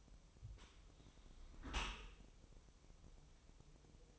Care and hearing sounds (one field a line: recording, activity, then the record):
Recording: daily activity, microphone in the room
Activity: close dishwasher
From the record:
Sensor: 1